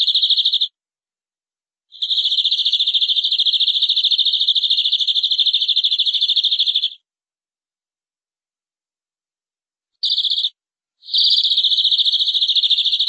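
Canary song: long, rapid, buzzy trills, the longest about five seconds, broken by silent pauses.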